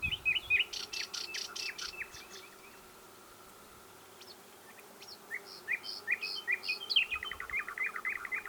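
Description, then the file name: Common nightingale singing: buzzy pulsed notes and sharp chirps, a short quiet gap, then quick whistles ending in a fast rattling trill. "Luscinia megarhynchos"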